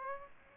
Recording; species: mosquito wingbeat signal from an infrared sensor; Aedes aegypti